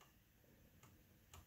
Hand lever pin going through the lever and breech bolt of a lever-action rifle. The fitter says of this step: you hear the pin click as it goes through that there